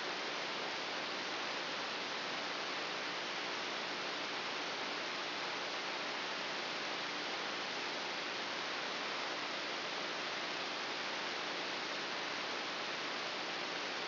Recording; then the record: brain microelectrode recording played as sound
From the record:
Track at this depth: inside the subthalamic nucleus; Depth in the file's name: 4.601 mm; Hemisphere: right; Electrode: 3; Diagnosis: Parkinson's disease